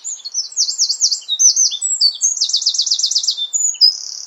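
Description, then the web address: Bird giving high, rapid chirping phrases, sweeping up and down in quick trilled runs that follow one another almost without pause. "cianscape birddata Deverinetal 2025"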